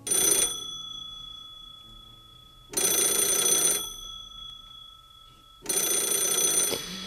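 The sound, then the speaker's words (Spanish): An old landline telephone bell rings in three loud, rattling bursts about a second long each, separated by quieter pauses with a faint lingering tone. No one speaks. “Es un sonido que no tiene que ver con los teléfonos móviles actuales, un sonido así.”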